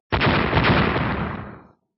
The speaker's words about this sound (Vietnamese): Vang tiếng nổ điếc tai, rồi quất ra xong, Tu Minh không lùi mà còn tiến lên, lại vang tiếng nổ khiến động đất.